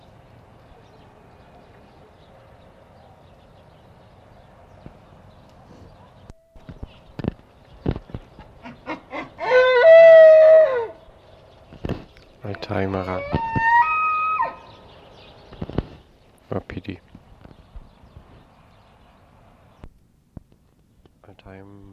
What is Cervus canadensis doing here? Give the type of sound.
rut call